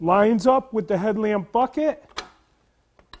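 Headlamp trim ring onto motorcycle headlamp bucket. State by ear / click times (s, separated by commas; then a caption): seated / 3.1 s. Someone talks while lining up the top tab of a Harley-Davidson motorcycle headlamp trim ring with the headlamp bucket and pressing the ring on. After the talking stops, there are a couple of faint, brief ticks. The trim ring then snaps gently into place with a short, sharp click at 3.1 s, fully seated.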